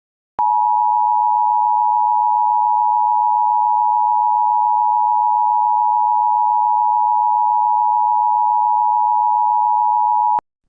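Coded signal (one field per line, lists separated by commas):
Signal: Emergency Alert System (SAME) tones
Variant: 853 and 960 Hz attention tone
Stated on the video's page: Fictional EAS scenario with mock alerts, not a real broadcast.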